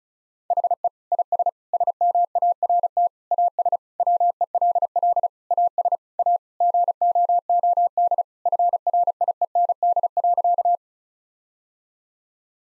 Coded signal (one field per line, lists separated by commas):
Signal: Morse code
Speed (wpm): 36 wpm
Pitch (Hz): 700 Hz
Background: none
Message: HE IS SMART AS WELL AS A GOOD FRIEND.